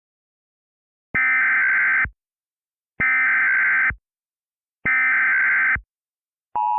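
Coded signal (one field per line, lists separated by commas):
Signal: Emergency Alert System (SAME) tones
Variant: header bursts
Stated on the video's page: Indiana statewide drill Tornado Warning with valid tones and correct EAS header.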